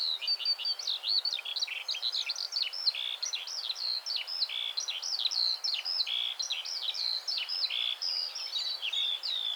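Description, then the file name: Eurasian skylark in sustained song, a long rapid flow of twittering, chirping and trilled notes with scarcely a break, steady in level. "Eurasian Skylark Alauda arvensis"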